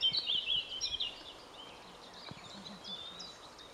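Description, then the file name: Eurasian blackcap giving a rich warbling phrase of quick high notes in the first second, then softer scattered notes and thin whistles over background hiss. "Sylvia atricapilla"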